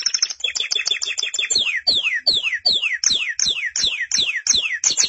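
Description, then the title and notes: Canary song of repeated chirps followed by a steady sequence of downward-slurred whistled notes, roughly three each second. "BM Suara Kenari. BM Suara Burung Kenari"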